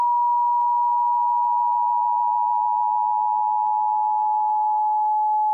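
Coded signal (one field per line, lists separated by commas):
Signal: Emergency Alert System (SAME) tones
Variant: 853 and 960 Hz attention tone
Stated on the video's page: Fictional EAS scenario made for a creator festival, with loud, scary tones.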